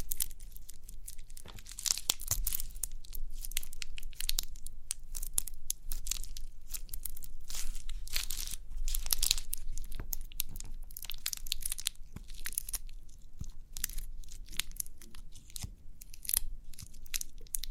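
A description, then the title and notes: Dry crinkling and crackling, like thin plastic or paper being worked between fingers. Bright, sharp bursts come in quick irregular clusters throughout, with brief quieter gaps, over a low steady hum. Crinkly Pimple Popping.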